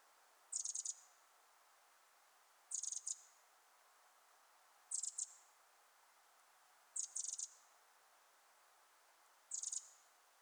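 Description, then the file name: Eurasian wren repeating five brief, very high-pitched rattling bursts, some broken in two, spaced a little over two seconds apart; steady soft hiss behind. "Troglodytes troglodytes"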